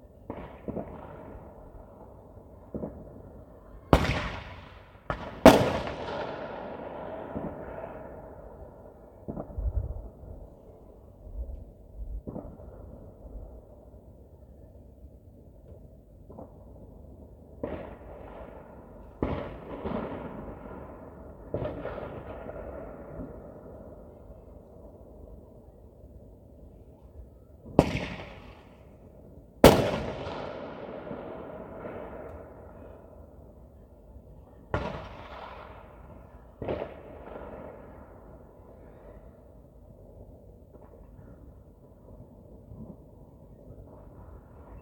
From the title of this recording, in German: Silvesternacht: Feuerwerk und Freude